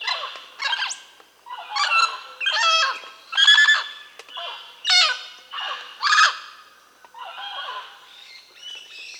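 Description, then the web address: Mealy parrot giving a series of raspy, nasal notes, about one per second. Peru, South America. "Natures Songs S America Mealy Parrot (Amazona farinosa)"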